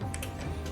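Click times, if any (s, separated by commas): 0.1 s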